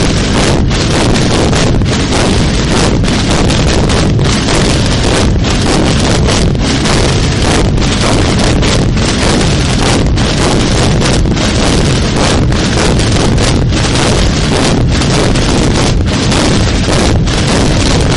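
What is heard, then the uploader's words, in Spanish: Massed drums break the hour in La Puebla de Híjar, a dense, unbroken roar of countless drums beating at once. The sound stays loud and steady for the whole stretch, deep and rumbling underneath with a rough rattle on top, pulsing with quick irregular surges. Romper la hora en La Puebla de Hijar. Sonidos captados en Aragón. Grabados con una Olympus VN712PC, con Zoom H4n Pro y con un teléfono movil Sony Xperia.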